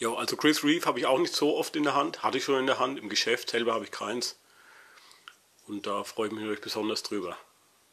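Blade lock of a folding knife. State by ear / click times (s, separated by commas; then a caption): not seated / none. Someone talks, then in a quiet pause handles the blade lock of a newly unboxed folding knife, possibly with a Damascus blade, making faint handling noise and two small ticks before talking again. Nothing has seated or clicked into place yet.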